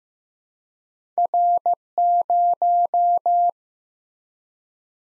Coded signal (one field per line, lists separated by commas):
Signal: Morse code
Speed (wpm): 15 wpm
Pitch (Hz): 700 Hz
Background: none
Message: R0